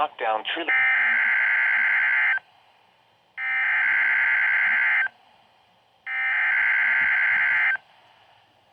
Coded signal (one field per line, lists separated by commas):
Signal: Emergency Alert System (SAME) tones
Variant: header bursts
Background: speech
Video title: HELPLESS II - EAS Alerts from 4/18/24 #40-44